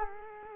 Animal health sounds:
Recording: mosquito wingbeat signal from an infrared sensor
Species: Culex quinquefasciatus

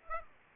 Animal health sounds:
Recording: mosquito wingbeat signal from an infrared sensor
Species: Aedes aegypti

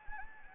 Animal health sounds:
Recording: mosquito wingbeat signal from an infrared sensor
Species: Anopheles gambiae

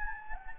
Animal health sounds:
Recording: mosquito wingbeat signal from an infrared sensor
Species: Anopheles gambiae

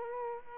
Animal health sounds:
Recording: mosquito wingbeat signal from an infrared sensor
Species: Aedes aegypti

